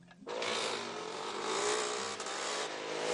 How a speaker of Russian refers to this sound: По дороге между изгородями проезжают два мотоциклиста.